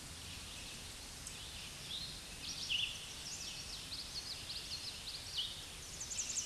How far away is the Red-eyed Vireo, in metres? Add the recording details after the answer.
about 40 m. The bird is about 20 m above the microphone. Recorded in a Pennsylvania forest on 16 May 2024 at 07:59. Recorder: AudioMoth, point MSD-1482. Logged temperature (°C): 15.6 °C. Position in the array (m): 190 m, 165 m